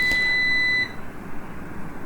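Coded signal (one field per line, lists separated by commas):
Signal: beep code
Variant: Numeric UPS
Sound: a click, then one steady high-pitched beep lasting under a second, then quiet room hiss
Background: room noise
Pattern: 1 long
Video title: FIX BEEP SOUND PROBLEM IN NUMERIC 1KVA UPS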